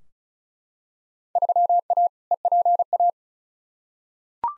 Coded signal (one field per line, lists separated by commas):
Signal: Morse code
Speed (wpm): 36 wpm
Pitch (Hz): 700 Hz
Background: none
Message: 3A EPA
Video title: Field Day Exchange v2 - 35wpm